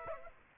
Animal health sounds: mosquito wingbeat signal from an infrared sensor; Aedes aegypti

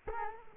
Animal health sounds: mosquito wingbeat signal from an infrared sensor; Culex quinquefasciatus

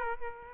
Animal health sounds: mosquito wingbeat signal from an infrared sensor; Culex quinquefasciatus

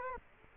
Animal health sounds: mosquito wingbeat signal from an infrared sensor; Culex quinquefasciatus

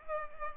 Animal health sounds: mosquito wingbeat signal from an infrared sensor; Culex pipiens

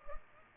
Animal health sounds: mosquito wingbeat signal from an infrared sensor; Culex pipiens

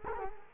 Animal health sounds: mosquito wingbeat signal from an infrared sensor; Culex quinquefasciatus

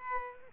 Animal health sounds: mosquito wingbeat signal from an infrared sensor; Aedes aegypti

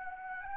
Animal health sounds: mosquito wingbeat signal from an infrared sensor; Anopheles gambiae

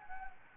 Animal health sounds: mosquito wingbeat signal from an infrared sensor; Anopheles gambiae

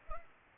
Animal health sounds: mosquito wingbeat signal from an infrared sensor; Culex pipiens

